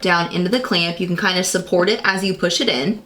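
A plastic drawing pen is being pushed down into clamp A, the tool clamp of a Cricut cutting machine, while someone talks throughout. Nothing has seated or clicked yet by the end of the clip.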